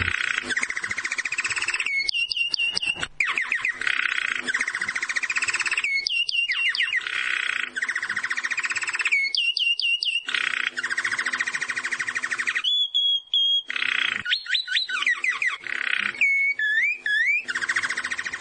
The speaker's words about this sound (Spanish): Bueno, con los sonidos de fondo del jilguero, este es el canto del jilguero, podemos conectarnos con ustedes y contarles todas las novedades